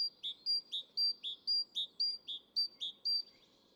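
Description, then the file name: Great tit giving a brisk, even series of two-note whistles, high note then lower note, repeated continuously throughout with light background hiss. "Parus major"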